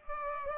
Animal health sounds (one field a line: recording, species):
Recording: mosquito wingbeat signal from an infrared sensor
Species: Culex pipiens